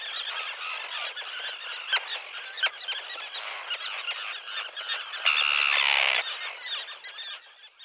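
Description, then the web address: Common terns calling constantly in a busy chorus of scratchy, chattering notes, with occasional sharp clicks and one loud, grating drawn-out call near the end. Eastern North America. "Dan Gibson Wildlife Identification By Sound, Eastern North America Pt 2. Common Tern"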